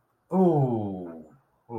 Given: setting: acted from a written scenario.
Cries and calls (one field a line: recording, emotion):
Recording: vocal sound without words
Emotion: sympathy